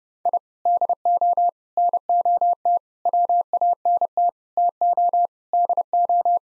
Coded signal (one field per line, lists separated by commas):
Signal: Morse code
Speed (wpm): 30 wpm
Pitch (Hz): 700 Hz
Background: none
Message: I DO NOT WANT TO DO